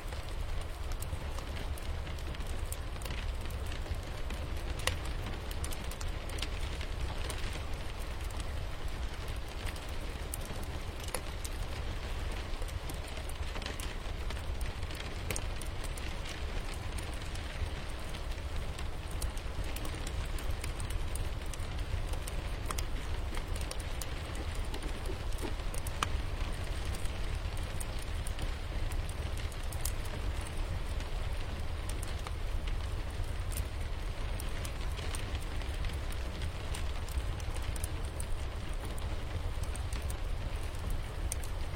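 A fire burns steadily, its deep, even roar filling the low end while small, sharp crackles and pops scatter irregularly throughout. The level stays constant for the whole stretch, with no larger events and a dense texture.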